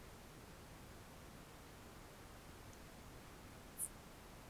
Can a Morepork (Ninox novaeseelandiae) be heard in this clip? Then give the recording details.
no. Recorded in New Zealand on 1 June 2017. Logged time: 19:46. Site Taranaki